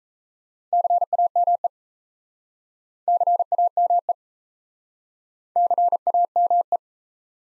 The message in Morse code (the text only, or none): CAME CAME CAME